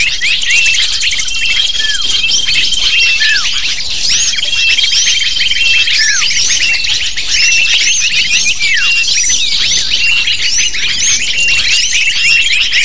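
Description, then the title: Lovebirds in a noisy flock give constant shrill chirping and squeaking, fast overlapping calls with curved slurred notes and a few long high steady whistles. Lure for attracting lovebirds. "PIKAT BURUNG LOVEBIRD"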